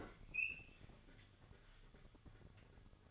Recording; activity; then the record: daily activity, microphone in the room; open fridge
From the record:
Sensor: 4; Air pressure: 1008.5 hPa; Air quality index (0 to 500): 77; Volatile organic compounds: 1 ppm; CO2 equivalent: 637 ppm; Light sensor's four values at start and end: 14/32/13/14 and 15/34/14/15